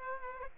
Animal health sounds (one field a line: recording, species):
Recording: mosquito wingbeat signal from an infrared sensor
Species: Aedes aegypti